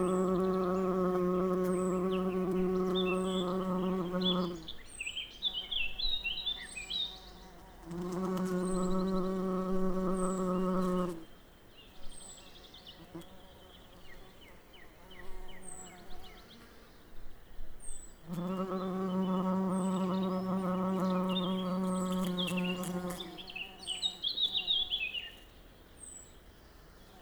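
A bumblebee buzzes in three loud passes, near the start, around eight to eleven seconds, and again from eighteen to twenty-three seconds, its low steady drone cutting off abruptly each time. Between passes, birds chirp and twitter brightly in the background.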